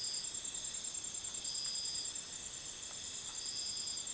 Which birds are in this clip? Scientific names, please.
none